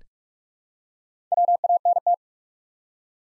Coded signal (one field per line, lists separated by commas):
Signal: Morse code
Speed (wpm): 44 wpm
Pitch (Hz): 700 Hz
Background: none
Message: WANT